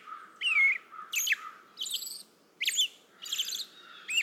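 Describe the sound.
American robin song, several short caroling phrases with slurred whistles and high, scratchy squeaks, each phrase about half a second long, over a faint background hiss.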